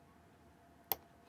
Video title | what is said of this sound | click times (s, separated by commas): Celestial Ladder Marble Run Part 1 | There we go. Nice little click. That's in fully. | 0.9 s